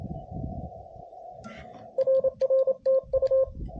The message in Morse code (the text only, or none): RR TU